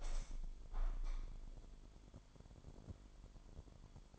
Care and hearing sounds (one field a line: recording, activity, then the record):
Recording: daily activity, microphone in the room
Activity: open window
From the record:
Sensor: 5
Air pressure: 998.7 hPa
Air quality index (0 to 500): 106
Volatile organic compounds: 2 ppm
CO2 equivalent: 1219 ppm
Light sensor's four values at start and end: 50/123/51/58 and 49/122/51/58